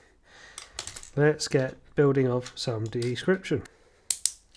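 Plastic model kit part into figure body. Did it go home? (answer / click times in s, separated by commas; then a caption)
yes / 4.1 s, 4.3 s. A plastic brick-built part is fitted into the body of a Transformers plastic model kit figure. Someone talks over a few faint ticks, then two sharp clicks ring out at 4.1 s and 4.3 s. The part clicks into place and is seated.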